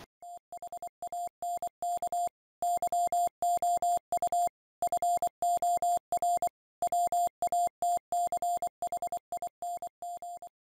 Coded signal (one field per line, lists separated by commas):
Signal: Morse code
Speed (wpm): 25 wpm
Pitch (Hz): 700 Hz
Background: none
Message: THANK YOU FOR WATCHING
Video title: Using solar to charge my Wouxun radio